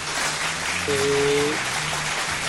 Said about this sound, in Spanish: Mira, los aplausos del honorable.